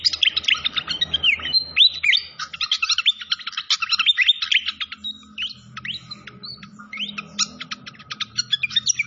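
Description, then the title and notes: Malaysian pied fantail song: fast stream of squeaky downslurred whistles and sharp chips, carrying on steadily over a faint low hum. Clear-voiced song used for training cage birds, mixed with the sound of flowing water. "Masteran Sikatan Kipas Suara Jernih Dan Suara Gemericik Air. Suara Burung Sikatan Londo"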